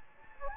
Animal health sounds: mosquito wingbeat signal from an infrared sensor; Anopheles gambiae

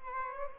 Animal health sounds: mosquito wingbeat signal from an infrared sensor; Aedes albopictus

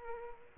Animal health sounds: mosquito wingbeat signal from an infrared sensor; Culex pipiens

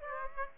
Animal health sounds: mosquito wingbeat signal from an infrared sensor; Aedes aegypti

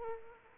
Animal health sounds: mosquito wingbeat signal from an infrared sensor; Aedes aegypti

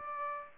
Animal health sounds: mosquito wingbeat signal from an infrared sensor; Aedes aegypti

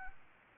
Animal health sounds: mosquito wingbeat signal from an infrared sensor; Anopheles arabiensis

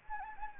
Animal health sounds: mosquito wingbeat signal from an infrared sensor; Anopheles gambiae

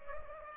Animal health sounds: mosquito wingbeat signal from an infrared sensor; Culex pipiens

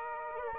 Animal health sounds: mosquito wingbeat signal from an infrared sensor; Aedes aegypti

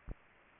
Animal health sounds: mosquito wingbeat signal from an infrared sensor; Culex pipiens

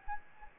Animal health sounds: mosquito wingbeat signal from an infrared sensor; Anopheles gambiae

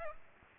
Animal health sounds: mosquito wingbeat signal from an infrared sensor; Aedes aegypti

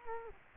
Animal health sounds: mosquito wingbeat signal from an infrared sensor; Culex quinquefasciatus

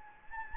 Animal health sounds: mosquito wingbeat signal from an infrared sensor; Anopheles gambiae

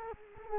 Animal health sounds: mosquito wingbeat signal from an infrared sensor; Culex quinquefasciatus

